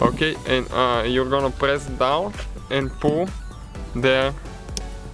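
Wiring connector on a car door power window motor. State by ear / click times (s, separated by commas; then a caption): released / 4.8 s. Someone talks while pressing down on the release tab of the plastic wiring connector on the power window motor of a Mazda CX-7 door, removed because the window does not open or close, and pulling the connector off. A sharp click sounds at 4.8 s as the connector releases and the motor comes out.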